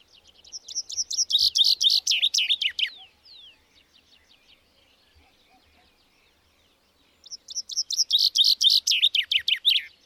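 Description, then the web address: Bird singing two bursts of rapid, high chirping notes separated by a quiet gap, the first ending in downslurred notes. "madarak enek"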